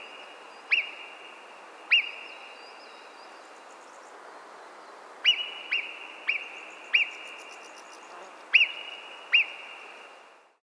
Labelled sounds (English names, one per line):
Alpine Marmot